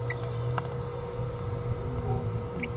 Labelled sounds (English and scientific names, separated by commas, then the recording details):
Green-rumped Parrotlet (Forpus passerinus) babbling
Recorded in a nest box in Venezuela
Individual 18B17A3